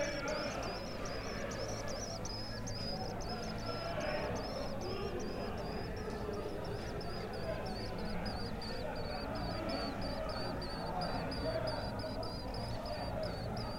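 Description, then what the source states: Swallow twittering runs continuously as a fast chain of high chirps, with a low hum of conversation throughout. Swallows nesting at a bedroom window above a small courtyard full of cafés, Mellah, Tetuán, Morocco; Ramadan in summer, with café crowd murmur; Zoom H4n internal mics, stereo.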